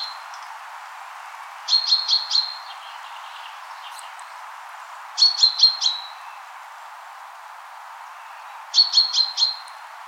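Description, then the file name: Common chaffinch giving clusters of four quick, high chipping notes, with three clusters spaced a few seconds apart against soft background noise. "Fringilla coelebs"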